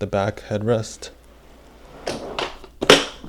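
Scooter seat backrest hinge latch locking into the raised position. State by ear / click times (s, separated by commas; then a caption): seated / 2.9 s. Someone talks while the seat of a Paiseec S3 folding electric mobility scooter is raised by pulling on its backrest. Quieter scraping sounds at around 2.1 and 2.4 seconds lead up to a loud, sharp click at 2.9 seconds as the backrest hinge latch locks the seat into its upright position.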